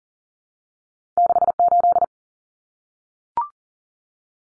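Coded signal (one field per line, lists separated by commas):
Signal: Morse code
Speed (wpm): 40 wpm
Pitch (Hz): 700 Hz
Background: none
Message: 68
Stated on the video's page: Two-digit cut numbers sent at 40 wpm for head-copy practice, each sent in Morse, spoken, then sent again.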